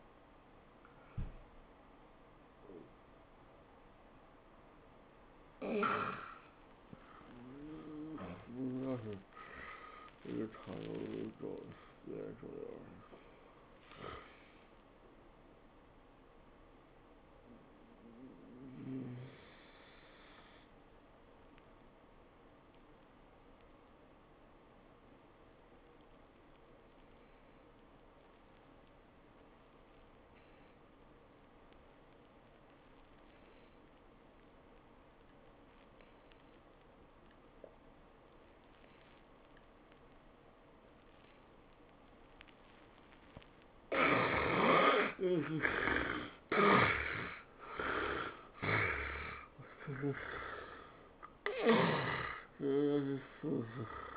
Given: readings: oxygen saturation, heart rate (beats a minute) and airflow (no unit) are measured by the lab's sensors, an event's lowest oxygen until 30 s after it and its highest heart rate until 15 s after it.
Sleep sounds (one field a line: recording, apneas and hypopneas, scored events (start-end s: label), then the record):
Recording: breathing in sleep by a voice recorder at the bedside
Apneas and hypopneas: 1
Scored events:
6.00-32.00 s: awake
19.00-44.80 s: hypopnea (scored as awake, oxygen 94% highest, then 75% lowest, heart rate 98 at the start, 102 highest)
27.00-54.17 s: new sleep stage, N1 (lightest sleep)
From the record:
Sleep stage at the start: awake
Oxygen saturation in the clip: 79 to 96%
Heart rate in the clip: 80 to 103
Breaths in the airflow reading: 13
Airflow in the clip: -15.2 to 13.7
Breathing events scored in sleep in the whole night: 403 in 5.5 hours asleep